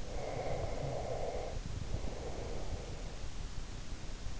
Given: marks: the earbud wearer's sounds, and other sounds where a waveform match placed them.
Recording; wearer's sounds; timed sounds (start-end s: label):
sounds in sleep by an in-ear microphone; breath
0.00-3.25 s: breath